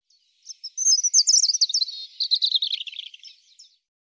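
European robin song: a rapid tumbling run of high thin notes and trills, starting bright and descending into a warbling, scratchy ending after about three seconds; no other sounds.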